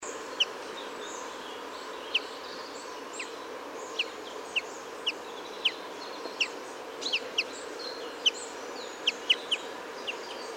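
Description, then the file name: Common chaffinch calls: many short, sharp, high-pitched notes given irregularly, over steady background noise. "Fringilla coelebs"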